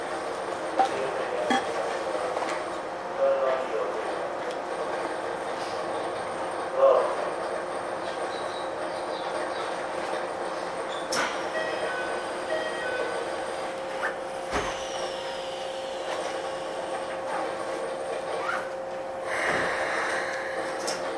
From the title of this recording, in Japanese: 京急新1000形(アルミ車) 横浜〜三崎口